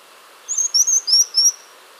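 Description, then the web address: White-winged tanager giving a short run of four thin, very high, slightly slurred notes over faint background hiss. Recorded in Ecuador. "Birds of Ecuador. White-winged Tanager"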